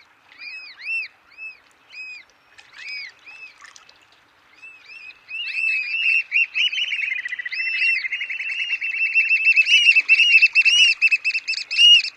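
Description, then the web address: Black oystercatcher calls: a few spaced, sharp whistled notes, then a pause, then an accelerating, excited run of loud piping that builds to a continuous trill. "Know Your Bird Sounds Common Western Species. Black Oystercatcher"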